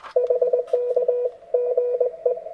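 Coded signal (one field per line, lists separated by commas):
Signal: Morse code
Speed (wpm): 20 wpm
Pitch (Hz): 500 Hz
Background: none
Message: HK GE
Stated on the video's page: Park activation (POTA) at a state forest at night, 20 W from an FTDX10, good bands with piles of callers.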